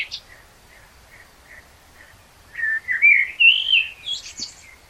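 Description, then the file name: Common blackbird song: a few soft short notes, then a rich rising warble ending in thin, squeaky high twitters. "Turdus merula"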